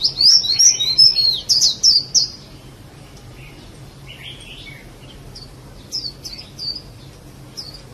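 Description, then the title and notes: Bird song: a loud run of high sweeping whistled notes for two seconds, then softer scattered chirps and short whistles. "Kicau Burung Lengkap"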